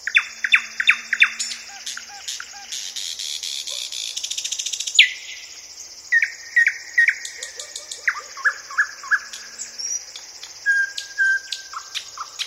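Thrush nightingale song: clicking notes, a long dry buzzing rattle, then a varied mix of whistles, chacks and trills, with a steady high hiss behind.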